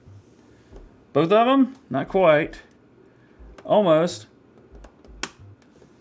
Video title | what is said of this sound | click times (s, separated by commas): Installing New CPU & RAM! (PC Built Pt 3) | got it guys hear the snaps so we've got the ram in it's good to go | 5.2 s